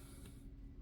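The plastic battery and SD card door of a GoPro Hero 12 action camera is handled as it is swung closed, giving soft creaking, mechanical handling noise over a steady low hum, with a brief brighter rustle near 0.25 s. The door has not snapped shut or seated yet.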